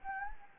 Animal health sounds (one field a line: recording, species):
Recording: mosquito wingbeat signal from an infrared sensor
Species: Anopheles gambiae